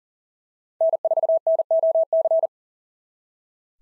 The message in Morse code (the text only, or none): N4NOC